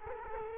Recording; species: mosquito wingbeat signal from an infrared sensor; Culex quinquefasciatus